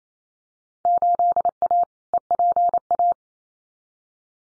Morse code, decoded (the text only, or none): 8A EPA